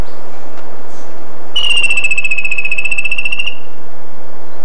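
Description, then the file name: Bird call, a loud, steady buzzing trill of quick even pulses held for about two seconds, preceded by faint short notes, against broad background hiss. "SABIOD 50 bird 2015"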